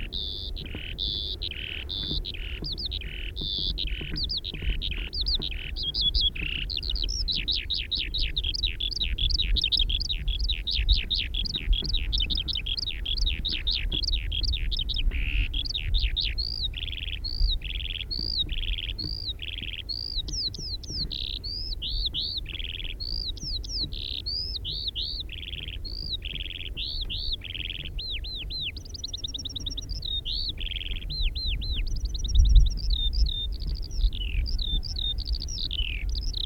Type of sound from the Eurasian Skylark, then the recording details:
song. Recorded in the wild. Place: Bergen, Insel Rügen, Mecklenburg-Vorpommern, DE. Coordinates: 54.44, 13.46. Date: 1970-05-02. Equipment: Nagra III BH, Sennheiser MD 21, parabola. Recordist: Schubert, Michael